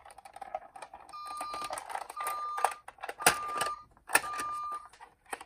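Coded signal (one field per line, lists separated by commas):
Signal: none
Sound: toy car beeps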